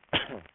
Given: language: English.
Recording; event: throat vibration sensor signal played as sound; cough